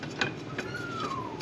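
Handling of the shift linkage on a Mercury 15 hp outboard's lower unit (gearcase), moving it from neutral toward forward gear. Brief knocks are heard at about 0.2, 0.6 and 1.4 s, along with a faint tone sliding down from about 1.3 kHz to 800 Hz. Nothing has clicked into gear or seated yet.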